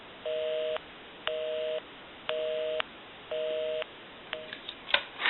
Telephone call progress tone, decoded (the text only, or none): busy tone